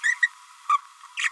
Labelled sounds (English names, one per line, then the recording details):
Green-rumped Parrotlet babbling
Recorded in a nest box in Venezuela
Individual 18B25A5